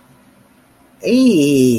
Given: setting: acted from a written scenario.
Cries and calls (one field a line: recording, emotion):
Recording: vocal sound without words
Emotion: interest